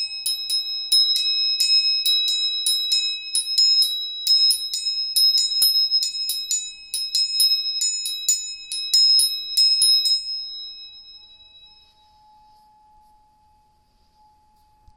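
Tuning forks are struck quickly and repeatedly for about ten seconds, giving a dense run of bright, ringing metallic pings. The striking then stops, the high ringing fades away, and a single soft, steady, lower tone hums on alone to the end.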